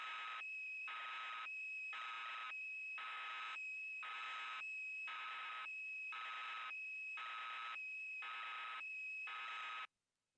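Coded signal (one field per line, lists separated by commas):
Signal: computer data on cassette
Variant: Yamaha DX9 patch data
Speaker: I've turned the level up, so hopefully this time it'll work.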